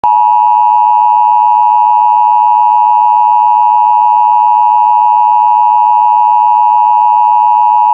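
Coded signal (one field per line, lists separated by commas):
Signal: Emergency Alert System (SAME) tones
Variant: 853 and 960 Hz attention tone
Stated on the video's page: Fictional EAS alert scenario, not a real broadcast.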